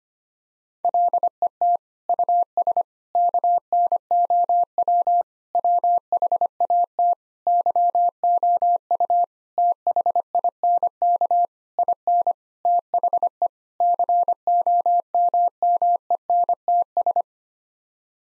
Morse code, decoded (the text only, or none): LET US KNOW WHAT YOU THINK IN THE COMMENTS